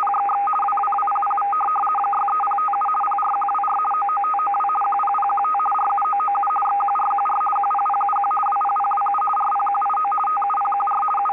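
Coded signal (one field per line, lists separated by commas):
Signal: RTTY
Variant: 50 baud, 450 Hz shift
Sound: rapid warbling between two steady tones, continuous teleprinter chatter over hiss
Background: radio static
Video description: DDK 2 em 4.583 Khz, transmite informações de tempo com 1Kw de potência no modo rtty 50.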